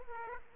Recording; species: mosquito wingbeat signal from an infrared sensor; Aedes aegypti